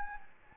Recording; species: mosquito wingbeat signal from an infrared sensor; Anopheles gambiae